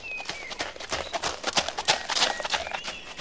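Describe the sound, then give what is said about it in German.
A knight's march horse's hooves clip-clop in a steady walking rhythm, a series of sharp, bright knocks at moderate loudness, with a faint high whistling tone drifting in the background. “Das zweite ist das Marschpferd. Auf dem sitzt der Ritter selber, wenn er auf Reisen geht.”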